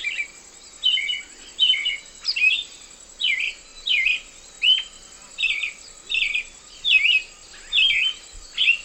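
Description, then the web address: Black-billed thrush singing a steady run of short, warbled, downslurred whistles roughly every two-thirds of a second, a continuous high insect buzz underneath. South America, eastern lowlands. "Natures Songs S America Eastern Lowlands Black-billed Thrush"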